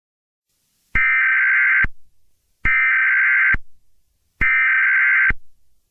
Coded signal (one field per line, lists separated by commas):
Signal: Emergency Alert System (SAME) tones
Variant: header bursts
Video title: EAS Scenario: The Second Great Blue Norther in October ? #easscenario